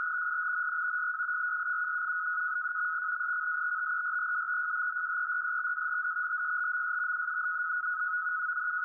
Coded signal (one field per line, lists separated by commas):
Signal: NAVTEX (SITOR-B)